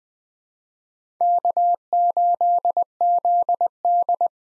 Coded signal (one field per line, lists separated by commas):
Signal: Morse code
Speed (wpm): 21 wpm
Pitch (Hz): 700 Hz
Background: none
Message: K8ZD